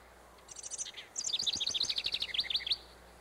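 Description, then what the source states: House Wren singing: a quick burst of high scratchy notes, a short pause, then a fast tumbling run of bubbly trills. Sings in spring in the northern part of the state, sometimes before migrating north to its summer home.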